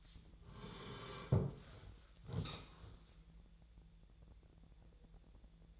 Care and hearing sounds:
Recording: daily activity, microphone in the room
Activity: sit down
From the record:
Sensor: 3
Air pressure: 1001.9 hPa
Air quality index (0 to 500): 248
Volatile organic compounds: 130 ppm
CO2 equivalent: 3926 ppm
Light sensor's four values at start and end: 9/21/9/9 and 8/19/8/8

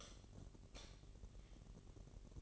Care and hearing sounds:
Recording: daily activity, microphone in the room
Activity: light off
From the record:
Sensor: 4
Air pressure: 1012.7 hPa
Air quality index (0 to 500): 246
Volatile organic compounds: 4 ppm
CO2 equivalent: 1676 ppm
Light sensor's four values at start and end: 18/45/18/19 and 15/35/14/14

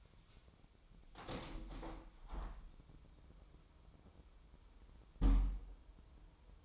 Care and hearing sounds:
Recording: daily activity, microphone in the room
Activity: open window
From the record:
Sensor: 1

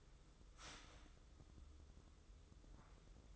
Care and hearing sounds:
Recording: daily activity, microphone in the room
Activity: start toaster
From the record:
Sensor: 3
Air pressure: 995.2 hPa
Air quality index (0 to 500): 73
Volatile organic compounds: 5 ppm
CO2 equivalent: 1710 ppm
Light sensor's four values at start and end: 18/54/23/20 and 18/54/23/20

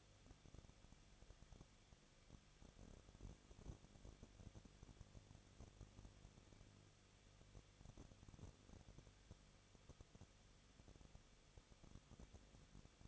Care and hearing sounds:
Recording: daily activity, microphone in the room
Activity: no activity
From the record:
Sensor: 4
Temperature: 23.0 degrees Celsius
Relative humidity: 34.2%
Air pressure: 1007.4 hPa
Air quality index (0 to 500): 212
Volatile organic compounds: 14 ppm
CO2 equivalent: 2437 ppm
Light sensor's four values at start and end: 2/3/1/1 and 2/3/1/1

